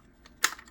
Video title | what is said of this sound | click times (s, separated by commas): What You Need To Know About These Smoke Alarms! | Pop open like so. | 0.4 s